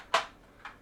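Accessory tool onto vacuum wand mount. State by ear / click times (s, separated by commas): seated / 0.1 s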